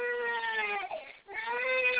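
A high-pitched, tonal wail from a sick six-month-old baby holds steady, dips and wavers near the middle, breaks off for a quick breath, then resumes just as loud. It is an ordinary crying spell, heard in a small indoor room.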